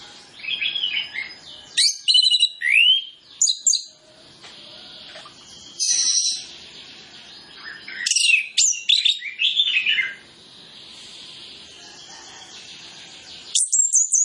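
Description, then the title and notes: Orange-headed Thrush song: bursts of rich, varied whistled and twittering phrases, sliding and fluttering, separated by silent pauses, ending with a sharp high note. Full isian training song (masteran) used as a lure so that birds start singing openly (ngeplong). "Masteran Anis Kembang Full Isian Untuk Suara Pancingan Anis Kembang Agar Cepat Ngeplong. Suara Burung Anis Kembang"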